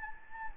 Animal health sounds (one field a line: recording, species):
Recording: mosquito wingbeat signal from an infrared sensor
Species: Anopheles gambiae